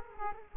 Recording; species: mosquito wingbeat signal from an infrared sensor; Culex quinquefasciatus